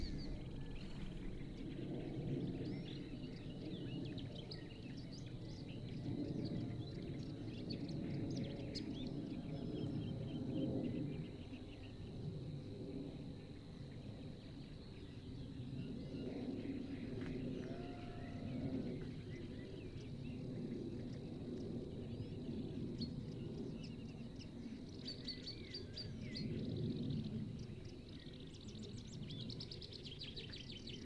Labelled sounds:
Red-backed Shrike

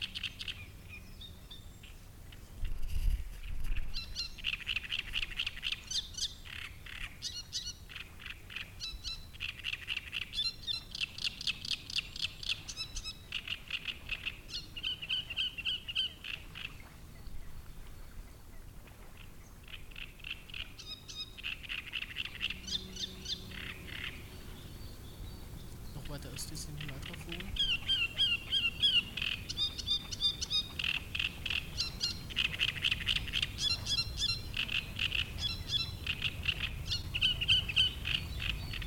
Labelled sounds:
Great Reed Warbler

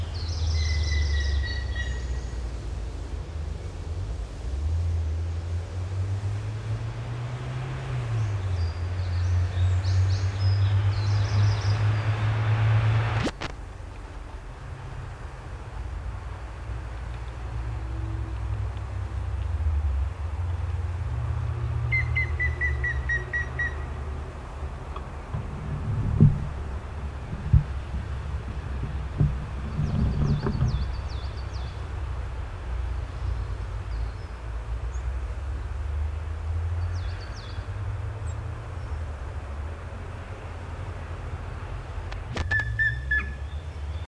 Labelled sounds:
Grey-headed Woodpecker

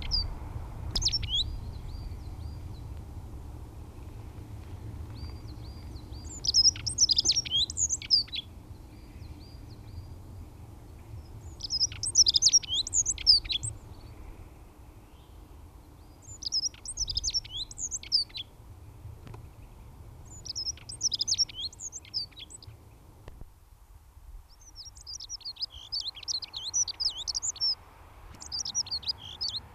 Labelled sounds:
Dunnock song

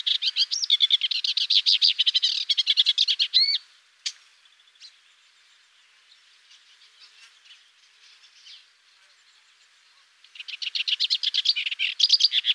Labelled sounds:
Sykes's Warbler song

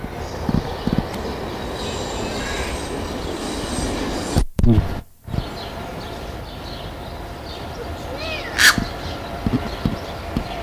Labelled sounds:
Trumpet Manucode call

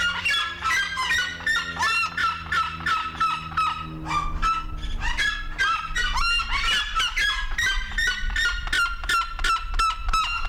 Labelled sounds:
Black-legged Seriema call

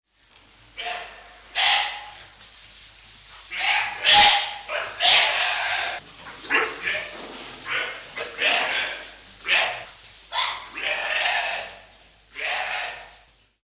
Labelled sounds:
White-lipped Peccary

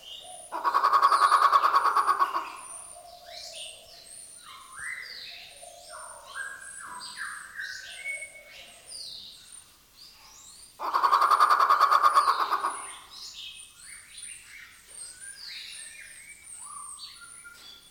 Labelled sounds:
Grey Peacock-Pheasant

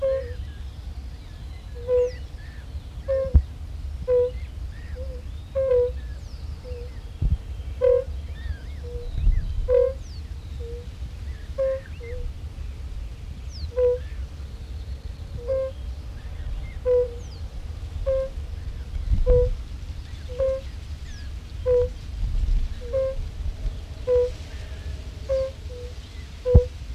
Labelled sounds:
Fire-Bellied Toad call

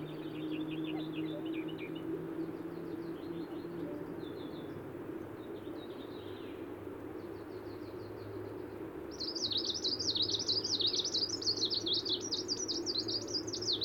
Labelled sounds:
Greenish Warbler song

